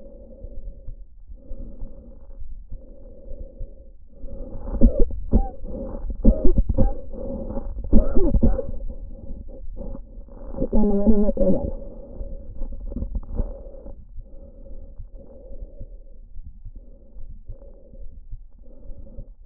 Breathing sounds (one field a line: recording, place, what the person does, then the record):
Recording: lung sounds by stethoscope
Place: trachea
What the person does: quiet breathing, then cough and speech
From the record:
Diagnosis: interstitial lung disease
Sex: female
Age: 60 years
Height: 154 cm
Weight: 68.1 kg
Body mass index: 28.7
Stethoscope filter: diaphragm mode